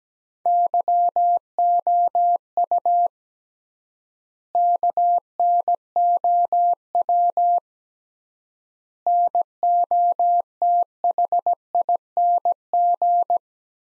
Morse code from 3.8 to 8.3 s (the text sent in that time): KNOW